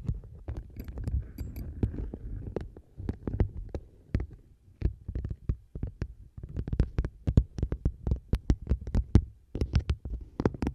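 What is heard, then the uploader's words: Fingers tap rapidly on objects held close to a microphone, each hit a sharp click over a deep, muffled thump. The taps come in quick, uneven bursts, with brief pauses around four and six seconds before the tapping picks up again. ASMR Tapping 6 Random Tingly Objects On The Mic,(No Talking).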